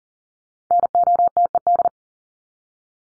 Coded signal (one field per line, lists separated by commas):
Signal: Morse code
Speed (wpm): 40 wpm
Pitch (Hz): 700 Hz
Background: none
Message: NOTED